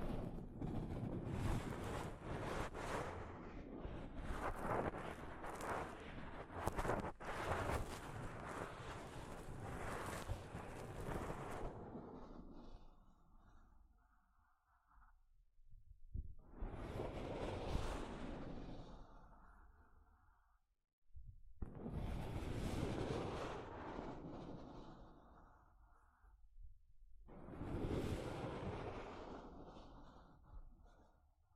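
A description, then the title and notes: Soft fabric brushes across a microphone. Constant rough rubbing fills the first twelve seconds, then it breaks into separate strokes, each swelling and fading, near 16, 22 and 28 seconds with silent gaps between. The sound is dense and rumbling, with a muffled windy texture. ASMR Mic Brushing using Soft Fabric (No Talking).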